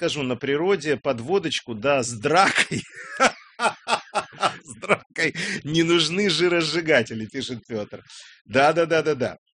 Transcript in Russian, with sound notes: на природе под водочку да с дракой… »…- [ухохатывается] с дракой –«… не нужны жиросжигатели», - пишет ПЁТР. Да, да, да!...